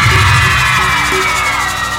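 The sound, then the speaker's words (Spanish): At a live music concert, a crowd of women in the audience screams and cheers loudly and continuously, a dense, high-pitched wall of shrieks that holds steady for about two seconds. “¡El grito de las chicas!”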